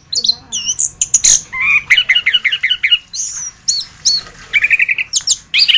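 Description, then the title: Thrush song, high whistles followed by rapid trilled series of repeated notes, then a buzzy rattling run and more whistles. "Suara Burung Anis"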